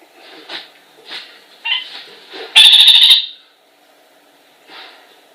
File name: kakariki zvuki